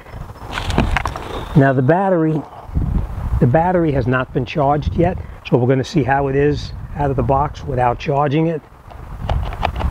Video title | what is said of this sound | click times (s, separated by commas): Saker Cordless Hedge Trimmer & Grass Shears | The battery just goes in here and snaps in place. | 9.3 s, 9.7 s